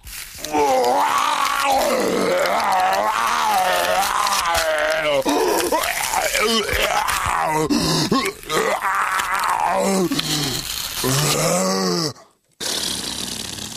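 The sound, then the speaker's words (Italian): A voice imitates a dying wolf whose belly has been cut open with a knife, letting out long, loud, wavering groans and moans that rise and fall in pitch almost without pause, then a brief silence before one last strained cry. “E dopo atroci sofferenze, la povera bestia esalò l'ultimo respiro e...”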